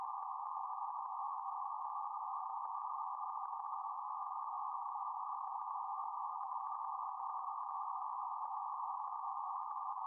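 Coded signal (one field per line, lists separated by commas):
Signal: PSK31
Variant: BPSK31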